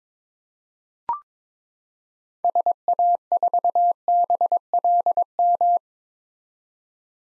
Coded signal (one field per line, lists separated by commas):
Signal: Morse code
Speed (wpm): 22 wpm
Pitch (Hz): 700 Hz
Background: none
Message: SA4BLM